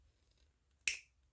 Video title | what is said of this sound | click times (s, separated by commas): #87 Plastic and Resin Kitties | when it pops into place they make a pop sound | 0.9 s